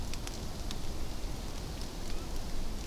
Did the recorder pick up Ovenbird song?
no